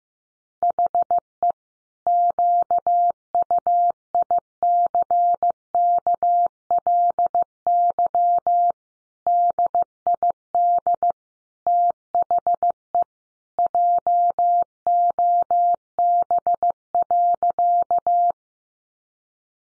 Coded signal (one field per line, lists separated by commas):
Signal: Morse code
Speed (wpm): 15 wpm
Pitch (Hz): 700 Hz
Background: none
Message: HE QUICKLY DID THE JOB.